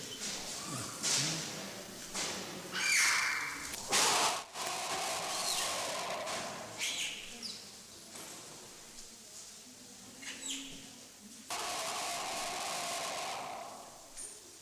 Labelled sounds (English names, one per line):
Owl-faced Monkey